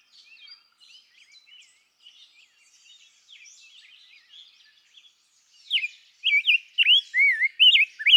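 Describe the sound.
Rose-breasted grosbeak: soft twittering, then loud, looping whistled phrases in the last few seconds.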